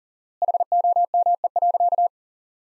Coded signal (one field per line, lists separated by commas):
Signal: Morse code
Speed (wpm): 37 wpm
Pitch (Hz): 700 Hz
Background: none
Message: HOME.